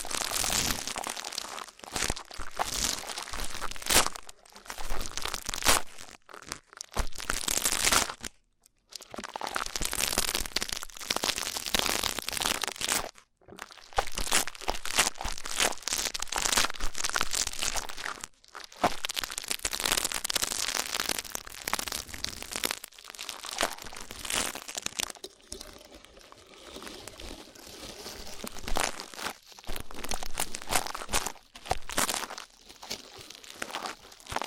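Rough ear cleaning fills the clip with dense, scratchy crinkling and crunching that runs almost without pause. The rustling comes in irregular bursts of varying strength, bright and hissy. Brief silent gaps break it near 8, 13 and 18 seconds.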